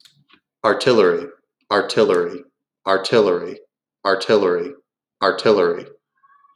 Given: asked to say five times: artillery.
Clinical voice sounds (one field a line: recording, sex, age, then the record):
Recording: repeated word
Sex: male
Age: 30 to 39 years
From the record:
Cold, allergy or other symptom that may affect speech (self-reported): no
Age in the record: 30 years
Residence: Texas, United States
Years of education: 16